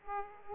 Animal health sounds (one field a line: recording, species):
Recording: mosquito wingbeat signal from an infrared sensor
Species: Aedes aegypti